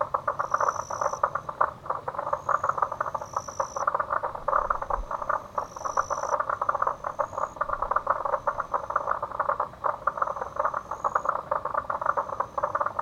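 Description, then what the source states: Frogs calling in a dense, continuous chorus of rapid pulsed notes, with thin high insect-like tones sounding now and then above them. Recorded with a Zoom recorder.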